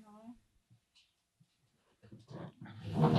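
A dog gives a brief whine, goes quiet with a few soft noises, then breaks into rough, rising growls and barks that grow loud and harsh toward the end.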